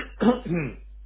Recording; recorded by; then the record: voluntary cough; telephone call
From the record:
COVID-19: positive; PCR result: self-reported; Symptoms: no